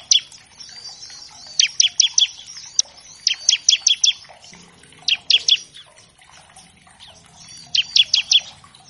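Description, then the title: Bar-winged Prinia song: repeated bursts of several emphatic high chips separated by brief pauses, with gentle twittering in the background. Vigorously singing (gacor) ciblek used as a master track to train all kinds of captive birds; a lure to make untrained ciblek sing quickly. "Masteran Ciblek Gacor Vs Kenari Gacor Untuk Masteran Semua Jenis Burung. Pancingan Ciblek bahan agar cepat bunyi. Burung Ciblek"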